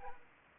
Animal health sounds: mosquito wingbeat signal from an infrared sensor; Aedes aegypti

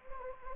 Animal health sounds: mosquito wingbeat signal from an infrared sensor; Anopheles gambiae

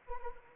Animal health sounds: mosquito wingbeat signal from an infrared sensor; Anopheles arabiensis

